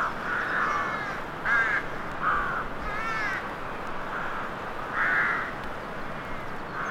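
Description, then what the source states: Crow giving several hoarse caws, some louder and drawn out, over constant hissing noise. Crows in a horror-themed graveyard atmosphere.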